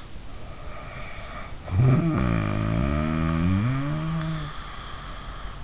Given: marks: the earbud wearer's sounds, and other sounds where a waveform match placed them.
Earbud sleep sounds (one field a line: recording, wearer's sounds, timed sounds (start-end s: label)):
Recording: sounds in sleep by an in-ear microphone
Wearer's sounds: snoring breath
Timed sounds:
0.48-5.64 s: snoring breath